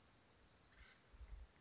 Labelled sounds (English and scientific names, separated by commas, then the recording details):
Acorn Woodpecker (Melanerpes formicivorus)
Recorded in Sonoma County, California